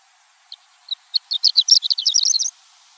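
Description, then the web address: Horned lark giving scattered high chirps that speed up into a dense twittering run. "Larks Swallows. deviche"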